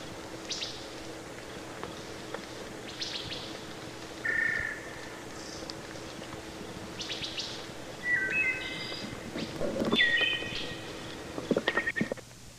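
Wood thrush phrases, soft and flutey with trilled endings, scattered among clicks and a low steady hum.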